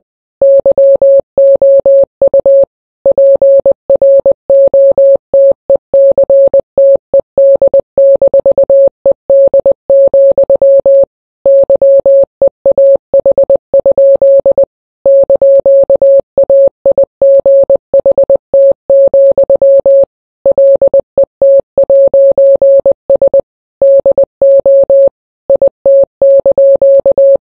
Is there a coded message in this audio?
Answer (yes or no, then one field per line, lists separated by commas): yes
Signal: Morse code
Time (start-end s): 0.4-27.4 s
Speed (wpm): 20 wpm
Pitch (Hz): 550 Hz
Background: none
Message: YOU PROTECTED-ED, YEAH? )AIGHT, LET'S DO IT)